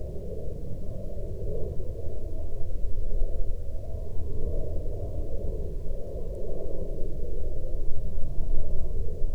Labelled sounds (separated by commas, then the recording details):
aircraft
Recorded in the Prudhoe Bay oil fields, Alaska, on 5 August 2019 at 09:12
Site 13